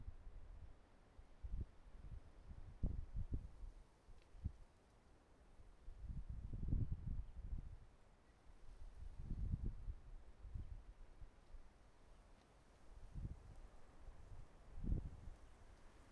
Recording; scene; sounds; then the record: everyday scene through a hearing-aid microphone; wind on the microphone; wind, traffic, birds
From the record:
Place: suburban garden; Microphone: behind the ear, right, rear